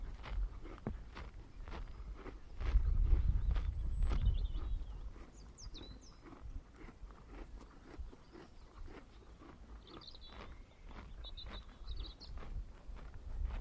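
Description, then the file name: Pony munching grass, with steady rhythmic crunches, a louder stretch early on, and thin high bird calls. Eating grass. "poni zhuet travu"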